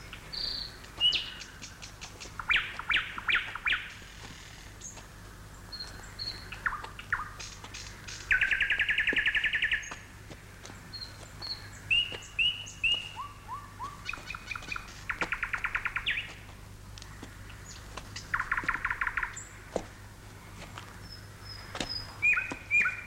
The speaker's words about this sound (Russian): А это знаменитый курский соловей?